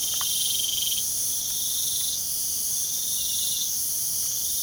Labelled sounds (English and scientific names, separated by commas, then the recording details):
none
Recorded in pastures near Puerto Asís, Putumayo, Colombia, on 25 June 2025 at 00:30
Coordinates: 0.497, -76.327
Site G040